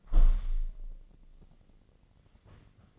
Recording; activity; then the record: daily activity, microphone in the room; close window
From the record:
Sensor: 4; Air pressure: 1013.2 hPa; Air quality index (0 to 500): 171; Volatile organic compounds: 2 ppm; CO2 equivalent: 1078 ppm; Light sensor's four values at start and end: 79/194/81/82 and 78/193/80/81